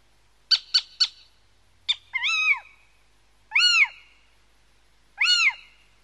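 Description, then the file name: Little owl gives three sharp, quick yelping notes, then a clipped note, followed by three drawn-out mewing 'kiew' calls spaced roughly one and a half seconds apart. "mocho galego"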